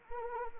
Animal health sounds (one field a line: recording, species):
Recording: mosquito wingbeat signal from an infrared sensor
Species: Anopheles arabiensis